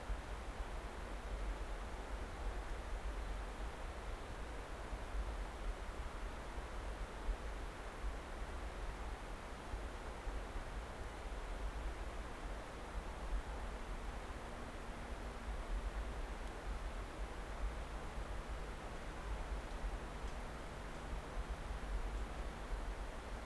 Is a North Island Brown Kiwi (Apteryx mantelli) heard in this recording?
no